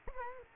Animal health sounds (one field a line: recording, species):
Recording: mosquito wingbeat signal from an infrared sensor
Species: Culex quinquefasciatus